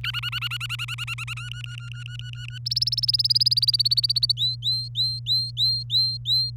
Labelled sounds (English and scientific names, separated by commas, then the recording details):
Domestic Canary (Serinus canaria) song
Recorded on 27 April 2018 at 09:15
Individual llb3